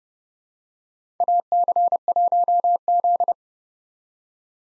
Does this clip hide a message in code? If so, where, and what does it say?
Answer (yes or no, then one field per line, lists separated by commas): yes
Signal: Morse code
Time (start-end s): 1.2-3.3 s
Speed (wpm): 31 wpm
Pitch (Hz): 700 Hz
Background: none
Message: AC1Z